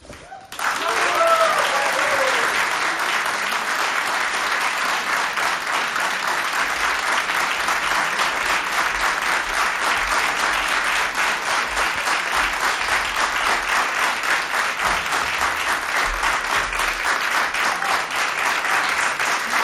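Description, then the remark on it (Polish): A studio audience in Polish Radio Trójka's Agnieszka Osiecka studio in Warsaw claps steadily and loudly for the whole stretch, welcoming artists onto the stage, a dense, even wash of applause with a brief voice or cheer near the start. “Niekończące się oklaski.”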